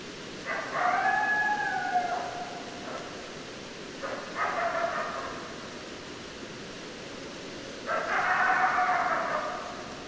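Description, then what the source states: Coyote chorus, three bursts of overlapping wavering howls a few seconds apart, with hiss between. Several coyotes, recorded 10 December 2012.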